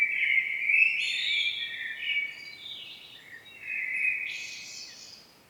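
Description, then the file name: Common blackbird song, with continuous mellow warbling that rises and falls and breaks into higher squeaky twitters near the end of the phrase. "Turdus merula"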